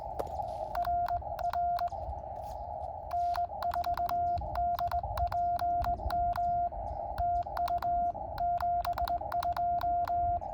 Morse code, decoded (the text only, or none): RR N4DPM TU 72